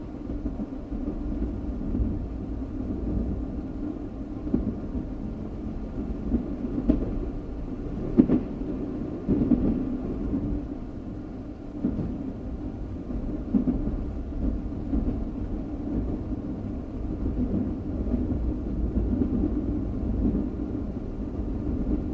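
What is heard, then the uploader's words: A train rumbles along in a steady, dense low roar that fills the whole clip without letup. Faint clicks and knocks from the wheels and carriage surface now and then, a little sharper around eight and twelve seconds, over an even hum. Train Sound White Noise.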